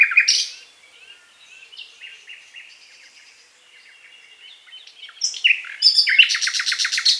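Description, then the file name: Common nightingale song: a loud harsh phrase opening, then soft scattered notes, before a rich burst of rapid repeated buzzy trills returns near the end. "Luscinia megarhynchos"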